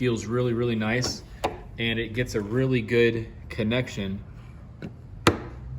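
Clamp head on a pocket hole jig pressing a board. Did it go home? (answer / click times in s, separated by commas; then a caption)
yes / 5.3 s. Someone talks as the rubberized-head clamp on a Massca M1 pocket hole jig is locked down against a wooden board, followed by a faint tick at 4.8 seconds. A sharp click at 5.3 seconds marks the clamp head seating and locking in place.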